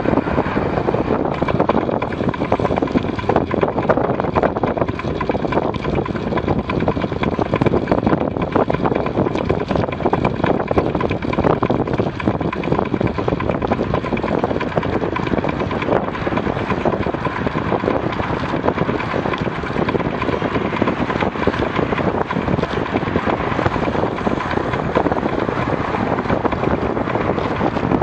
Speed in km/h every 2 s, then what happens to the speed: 36, 35, 34, 33, 38, 35, 37, 32, 33, 32, 36, 35, 27, 26.
0-21 steady at about 35. 21-25 slows to 26.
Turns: none.